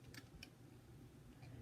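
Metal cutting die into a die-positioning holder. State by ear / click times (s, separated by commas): not seated / none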